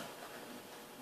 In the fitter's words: sure it clicks completely down the cover I don't think it did